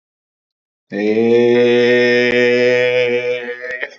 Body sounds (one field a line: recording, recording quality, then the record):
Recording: sustained vowel as in made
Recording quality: excellent, no background noise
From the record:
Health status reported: COVID-19 positive, mild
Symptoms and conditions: cough, cold, muscle pain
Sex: male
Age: 25 years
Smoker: not ticked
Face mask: not worn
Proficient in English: yes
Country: India